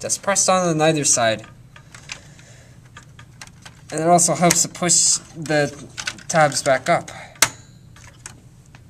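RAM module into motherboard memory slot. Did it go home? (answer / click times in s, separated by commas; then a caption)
yes / 7.4 s. A RAM module is pressed down on either side into a motherboard memory slot of an old Dell computer, and its retaining tabs are pushed back up. Someone talks over soft handling taps, then a loud sharp click at 7.4 s marks the module clips locking in tight, followed by a few faint ticks.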